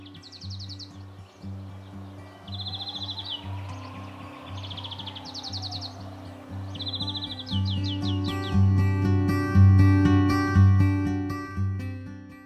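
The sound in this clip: European greenfinch song: bright rapid trills in several short bursts, then quicker varied notes, over a loud continuous low rumble and a faint rising-then-falling whine.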